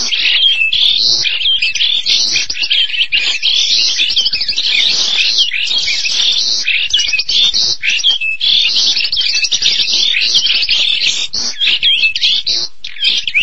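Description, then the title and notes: Starling song: a dense, unbroken stream of high chattering, squeaky and whistled notes, fast and varied throughout, with no other clear sounds. "suara burung jalak"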